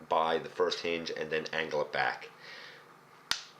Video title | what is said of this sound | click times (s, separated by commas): Transformers Combiner Wars Voyager Class Protectobot Hot Spot - True Review NUMBER 55 | then you can push it in did you hear that click once you hear that click look his knee is up | 3.3 s